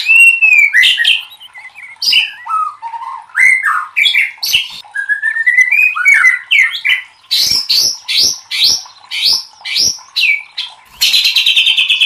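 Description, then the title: White-rumped shama song: a varied run of whistled slurs, rising and falling phrases, then rapid harsh chattering notes and a dense buzzy trill near the end. Used to train cage birds (masteran). "MURAI BATU LABAIK"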